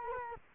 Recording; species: mosquito wingbeat signal from an infrared sensor; Culex quinquefasciatus